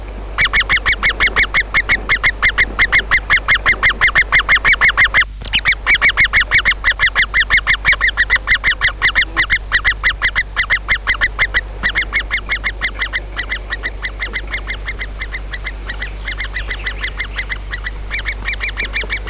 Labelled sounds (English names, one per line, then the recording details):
Great Spotted Woodpecker begging call
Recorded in the wild
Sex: group
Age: juvenile
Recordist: Meyer, Hugo
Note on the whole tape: Gierende junge Buntspechte in der Bruthöhle